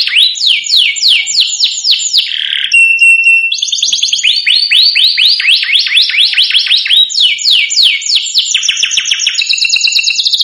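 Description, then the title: Domestic canary song with long runs of falling whistled notes around a brief steady pure tone, then varied rolling trills at shifting pitches. Belgian canary song played to excite other canaries, making them agitated so they respond and start singing. "Canto Para Esquentar Canário Belga. Suara Kenari Bikin Emosi & Langsung Nyaut"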